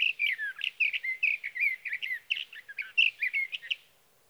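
Sage thrasher pouring out a fast, continuous warble of varied chirpy and slurred phrases for about four seconds before stopping.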